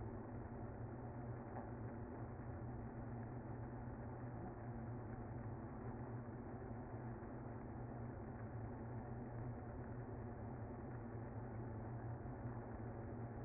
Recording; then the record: honeybee colony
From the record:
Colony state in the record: active